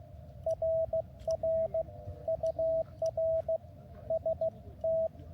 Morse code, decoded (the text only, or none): RR UR ST